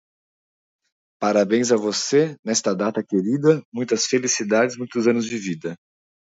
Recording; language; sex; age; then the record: short text; Brazilian Portuguese; male; 30 to 39 years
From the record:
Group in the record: control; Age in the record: 37 years